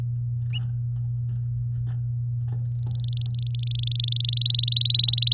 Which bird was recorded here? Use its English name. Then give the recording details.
Domestic Canary. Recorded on 9 May 2018 at 13:47. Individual llb16